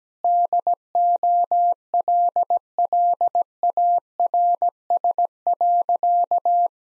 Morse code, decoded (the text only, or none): DOLLARS.